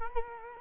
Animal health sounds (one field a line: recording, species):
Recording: mosquito wingbeat signal from an infrared sensor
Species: Culex quinquefasciatus